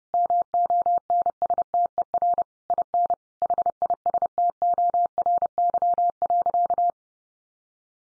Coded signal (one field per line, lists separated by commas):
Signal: Morse code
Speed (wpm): 30 wpm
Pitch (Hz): 700 Hz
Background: none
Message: MONSTER IN HISTORY.